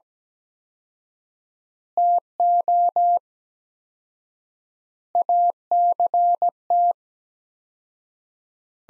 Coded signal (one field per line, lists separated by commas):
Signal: Morse code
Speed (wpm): 17 wpm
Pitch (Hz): 700 Hz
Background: none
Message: TO ACT